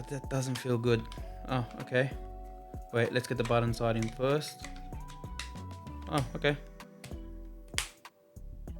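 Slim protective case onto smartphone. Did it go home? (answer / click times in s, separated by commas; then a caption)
yes / 7.8 s. A slim magnetic protective case is pressed onto the frame of a Samsung Galaxy S26 Ultra smartphone, button side first, while someone talks over background music. The case snaps into place with a sharp, satisfying snap at 7.8 s and is seated.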